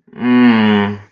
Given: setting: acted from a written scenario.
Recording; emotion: vocal sound without words; sadness